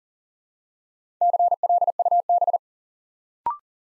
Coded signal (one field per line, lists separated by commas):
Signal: Morse code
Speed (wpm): 41 wpm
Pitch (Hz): 700 Hz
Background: none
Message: CLUB